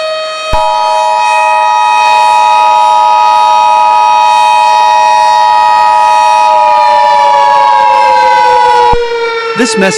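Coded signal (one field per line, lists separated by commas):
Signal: Emergency Alert System (SAME) tones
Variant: 853 and 960 Hz attention tone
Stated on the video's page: Fictional EAS scenario with simulated SAME alert tones.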